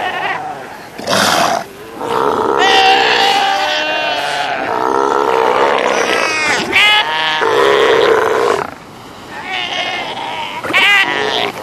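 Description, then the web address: South American sea lion calls: many overlapping, wavering bleats and moans, almost continuous. "earth naturelibrary assets s so south american sea lion"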